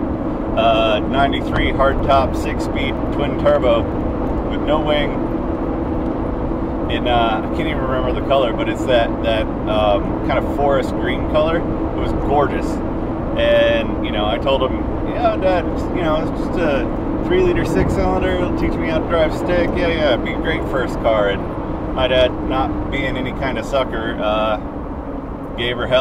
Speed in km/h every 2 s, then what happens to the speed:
95, 95, 97, 97, 95, 95, 93, 95, 97, 97, 95, 89, 81.
0-19 steady at about 95. 19-26 slows to 81.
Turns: none.